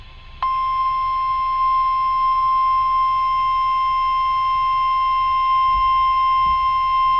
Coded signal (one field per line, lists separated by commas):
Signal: Emergency Alert System (SAME) tones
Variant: 1050 Hz attention tone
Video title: Required Weekly Test on KEC80 (EAS Alert: #268) - 9/22/21